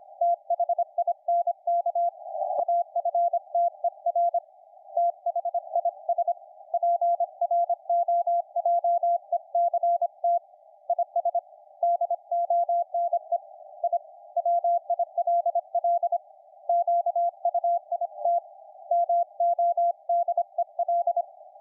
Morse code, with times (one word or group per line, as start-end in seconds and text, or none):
0.2-2.1 THINK
2.6-4.4 AFTER
5.0-6.3 THIS
6.7-10.4 PROJECT
10.9-11.4 IS
11.8-13.4 DONE
13.8-14.0 I
14.4-16.2 WILL
16.7-18.4 QUIT
18.9-21.2 MODEL